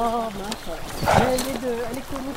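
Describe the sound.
Five Grand Noir du Berry donkeys walk on a hike, their hooves clopping at an uneven walking pace while a person talks over them, the voice mostly covering the soft footfalls.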